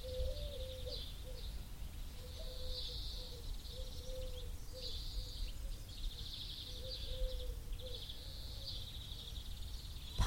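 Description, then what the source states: Turtle dove with repeated low, purring coos, a chorus of high trilling songbirds running continuously above it. Turtle doves with other birds.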